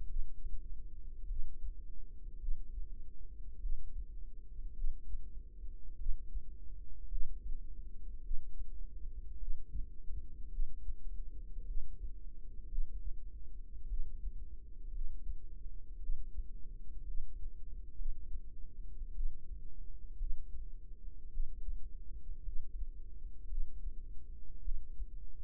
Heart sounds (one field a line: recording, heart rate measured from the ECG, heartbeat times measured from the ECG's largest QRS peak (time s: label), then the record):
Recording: heart sounds by microphone in the right ear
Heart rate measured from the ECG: 54 bpm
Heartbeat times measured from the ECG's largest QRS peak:
0.07 s: heartbeat
1.27 s: heartbeat
2.39 s: heartbeat
3.60 s: heartbeat
4.75 s: heartbeat
5.97 s: heartbeat
7.09 s: heartbeat
8.22 s: heartbeat
9.38 s: heartbeat
10.50 s: heartbeat
11.65 s: heartbeat
12.69 s: heartbeat
13.88 s: heartbeat
14.92 s: heartbeat
16.00 s: heartbeat
17.05 s: heartbeat
17.96 s: heartbeat
19.14 s: heartbeat
20.17 s: heartbeat
21.31 s: heartbeat
22.43 s: heartbeat
23.48 s: heartbeat
24.63 s: heartbeat
From the record:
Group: healthy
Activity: cold pressor test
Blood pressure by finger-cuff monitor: 109/65 mmHg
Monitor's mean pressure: 79 mmHg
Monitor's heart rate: 53 bpm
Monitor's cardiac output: 4.9 L/min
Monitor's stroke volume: 94 mL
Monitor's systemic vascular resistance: 1170 dyn s/cm5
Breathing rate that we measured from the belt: 23 breaths a minute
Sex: female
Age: 28 years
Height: 170 cm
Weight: 77 kg